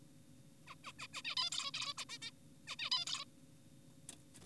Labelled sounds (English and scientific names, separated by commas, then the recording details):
Zebra Finch (Taeniopygia guttata)
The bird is an adult
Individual g4p5U